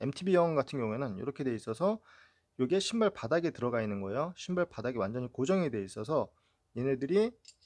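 An MTB shoe with a metal cleat fixed to its sole is handled next to a clipless bicycle pedal with spring-loaded retention, while someone talks throughout. Nothing has seated or clicked yet: the cleat has not been pressed home into the pedal.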